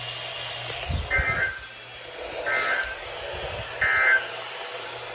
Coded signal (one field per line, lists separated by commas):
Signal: Emergency Alert System (SAME) tones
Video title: RNK Winter Storm Warning on KZZ28 (EAS #1459) 1/4/24